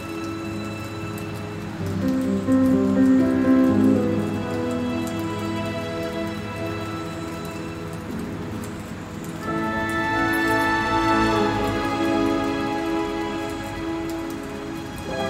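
Soft piano music plays over a steady bed of rain, with sustained notes swelling around two to four seconds and again after ten.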